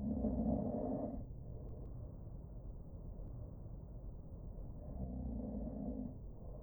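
Snoring heard muffled through soundproofing: two low-pitched snores, dull and deadened, with the higher frequencies cut away.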